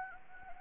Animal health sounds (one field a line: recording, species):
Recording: mosquito wingbeat signal from an infrared sensor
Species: Anopheles gambiae